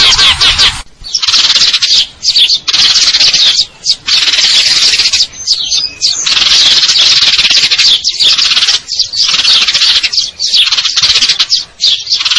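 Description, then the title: Eurasian tree sparrow song, rapid buzzy trilling in long runs separated by short gaps, with scattered sharp chirps between phrases. Fighting call with long trills and clear sound, used to train contest birds. "GEREJA TARUNG NEMBAK PANJANG SUARA JERNIH MASTERAN WAJIB BURUNG LOMBA"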